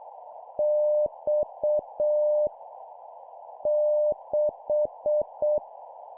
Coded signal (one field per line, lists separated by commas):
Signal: Morse code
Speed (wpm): 7 wpm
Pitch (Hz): 600 Hz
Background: none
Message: X 6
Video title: 7wpm Repeat three times Random Letter Number Punctuation, CW morse code Copy Speed improvement